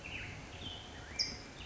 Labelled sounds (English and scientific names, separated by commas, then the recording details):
California Towhee (Melozone crissalis)
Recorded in Sonoma County, California